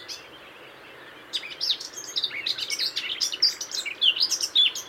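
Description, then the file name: Eurasian blackcap song: a brief soft note, a short silence, then a fast jumble of high warbled and chirping notes to the end. "Sylvia atricapilla"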